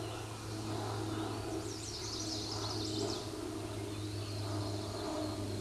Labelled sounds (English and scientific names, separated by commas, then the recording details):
Chestnut-sided Warbler (Setophaga pensylvanica) song
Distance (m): 40 m
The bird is about 5 m above the microphone
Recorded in a Pennsylvania forest on 16 May 2024 at 09:24
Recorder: AudioMoth, point MSD-1892
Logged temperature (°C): 14.5 °C
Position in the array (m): 83 m, 62 m